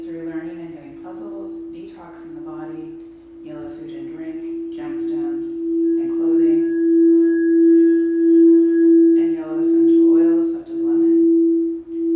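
A sound bath with one steady, mid-pitched ringing tone held from start to finish. A voice speaks over it for the first six seconds and again briefly near ten. In between, the tone swells and fades in slow, regular pulses, with a fainter higher ring.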